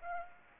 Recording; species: mosquito wingbeat signal from an infrared sensor; Aedes aegypti